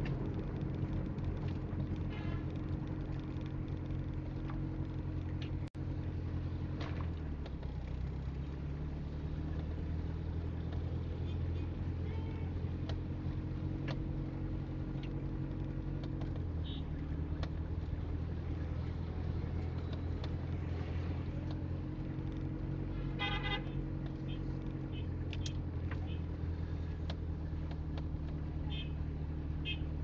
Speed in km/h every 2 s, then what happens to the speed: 6, 6, 6, 10, 11, 11, 9, 10, 10, 11, 11, 10, 10, 10, 12.
0-30 steady at about 10.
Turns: none.